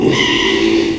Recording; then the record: squeal of a Yucatan mini pig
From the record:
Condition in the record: after surgery on the right vocal fold (resection and tissue-engineered implant); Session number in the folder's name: 1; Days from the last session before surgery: 6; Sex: male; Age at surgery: 12 weeks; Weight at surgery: 13 kg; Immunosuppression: cyclosporine, prednisolone